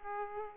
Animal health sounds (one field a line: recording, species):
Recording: mosquito wingbeat signal from an infrared sensor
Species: Aedes aegypti